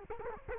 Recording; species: mosquito wingbeat signal from an infrared sensor; Culex quinquefasciatus